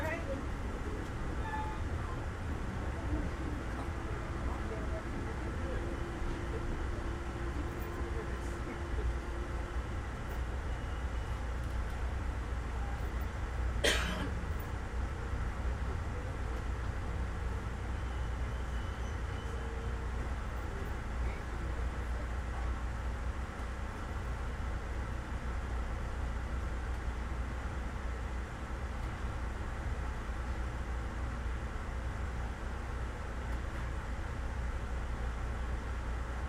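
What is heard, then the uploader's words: A steady, dense rumble fills a train carriage, heavy in the low end with a constant hiss above it. Faint voices drift in, and a short sharp clack or knock cuts through at about fourteen seconds. Train Ride From Tampa To Ft.Lauderdale. Ambient Sounds, Train Sounds, White Noise, Talking.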